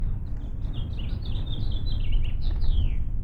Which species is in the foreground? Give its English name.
House Finch